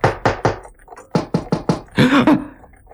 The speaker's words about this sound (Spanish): De repente, en la calle, un caballero muy alegre, al menos en apariencia, empezó a golpear con su bastón la puerta de la tienda.